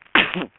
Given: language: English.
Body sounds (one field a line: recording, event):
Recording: throat vibration sensor signal played as sound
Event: cough